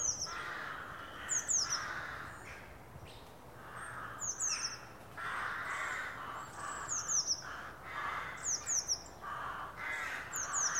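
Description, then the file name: Eurasian blue tit calls, thin high descending notes in quick bursts of two or three, repeated every few seconds over lower, harsher calls of another bird. "Cyanistes caeruleus"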